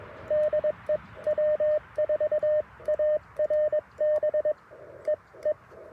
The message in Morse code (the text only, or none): DE W4ARB EE